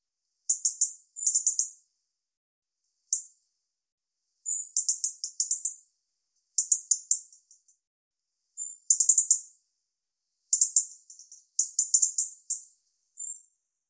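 European robin giving high, thin, rapid trilled bursts in short clusters with brief pauses between groups; no other sounds.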